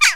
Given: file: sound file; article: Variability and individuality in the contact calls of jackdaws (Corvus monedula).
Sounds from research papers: jackdaw call; harmonic

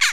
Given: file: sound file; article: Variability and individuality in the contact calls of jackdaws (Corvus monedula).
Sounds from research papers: jackdaw call; harmonic

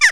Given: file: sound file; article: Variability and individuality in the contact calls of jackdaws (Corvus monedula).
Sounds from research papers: jackdaw call; harmonic

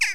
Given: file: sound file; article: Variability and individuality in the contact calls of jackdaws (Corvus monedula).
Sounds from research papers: jackdaw call; harmonic

